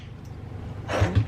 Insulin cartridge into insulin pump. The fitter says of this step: you hear it click normally when it goes in